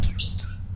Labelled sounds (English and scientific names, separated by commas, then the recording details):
Stitchbird (Notiomystis cincta) song
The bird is a male
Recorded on Tiritiri Matangi Island, New Zealand, in 2005
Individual 21, of nest box 30